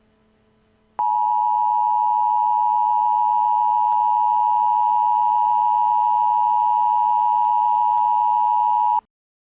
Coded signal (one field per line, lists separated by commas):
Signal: Emergency Alert System (SAME) tones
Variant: 853 and 960 Hz attention tone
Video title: Mandela EAS Scenario | Alternate Universe REMASTERED